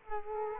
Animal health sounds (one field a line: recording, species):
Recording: mosquito wingbeat signal from an infrared sensor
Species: Culex quinquefasciatus